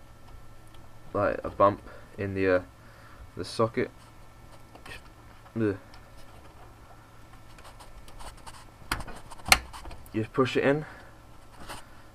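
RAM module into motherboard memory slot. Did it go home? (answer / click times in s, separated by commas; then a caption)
yes / 8.9 s, 9.5 s. A RAM module is lined up with the notch in a motherboard DIMM slot and pushed down while someone talks. Its two plastic retention clips snap shut with two sharp clicks at 8.9 s and 9.5 s, and the stick is seated.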